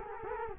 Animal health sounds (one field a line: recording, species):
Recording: mosquito wingbeat signal from an infrared sensor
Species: Culex quinquefasciatus